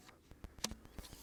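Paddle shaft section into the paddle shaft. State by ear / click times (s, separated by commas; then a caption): seated / 0.6 s. A keyed section of a carbon fiber composite SUP paddle, which only fits one way, is slid into the paddle shaft, with faint light taps around it. A sharp hit at 0.6 seconds marks the section sliding home, confirming it is seated.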